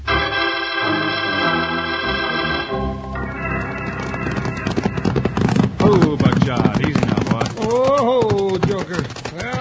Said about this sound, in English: After hours of hard riding, Wild Bill and Jingles pulled their lathered horses down to a walk at the edge of the dusty cow town just in time to become involved in the Sunnyside Scrap.